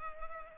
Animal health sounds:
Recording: mosquito wingbeat signal from an infrared sensor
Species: Culex pipiens

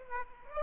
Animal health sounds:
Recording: mosquito wingbeat signal from an infrared sensor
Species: Aedes aegypti

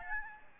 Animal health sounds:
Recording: mosquito wingbeat signal from an infrared sensor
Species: Aedes albopictus

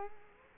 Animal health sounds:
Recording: mosquito wingbeat signal from an infrared sensor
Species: Culex quinquefasciatus

